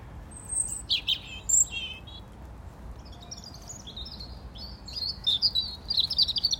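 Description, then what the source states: Robin song among other birds: scattered high, thin whistled phrases and short chirps, with a denser run of bright notes near the end over a steady background rumble. Robins singing together with other birds.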